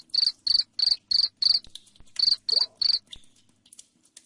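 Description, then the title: Cricket chirping, a steady series of loud buzzy chirps about three per second, a brief gap, three more chirps, then quiet clicks. Loud cricket chirping used to make lovebirds sing continuously. "Suara JANGKRIK NGERIK Keras Bikin LOVEBIRD Jadi NGEKEK Terus Vubey"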